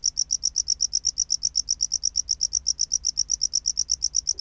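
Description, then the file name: Tropical house cricket song, strong, evenly repeated high chirps, several each second, with little else audible. "Bio Acoustica Gryllodes sigillatus"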